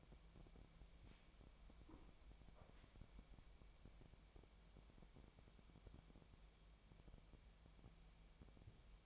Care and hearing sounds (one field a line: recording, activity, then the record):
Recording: daily activity, microphone in the room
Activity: wipe stove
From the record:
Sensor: 1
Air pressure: 1007.1 hPa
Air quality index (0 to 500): 204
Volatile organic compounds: 22 ppm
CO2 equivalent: 2758 ppm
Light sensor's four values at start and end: 13/32/13/14 and 13/32/13/14